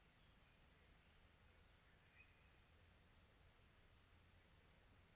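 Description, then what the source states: Cricket chirping steadily in quick evenly spaced pulses, about three a second, above a soft low hum. Quiet tropical atmosphere.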